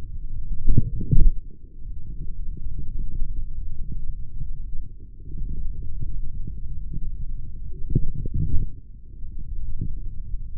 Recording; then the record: forearm muscle sounds (acoustic myography)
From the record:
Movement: forearm supination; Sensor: system 3, bracelet of six PUI Audio POM-2738L microphones around the upper forearm, with dedicated amplification and filtering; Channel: 6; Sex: male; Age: 26 years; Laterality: right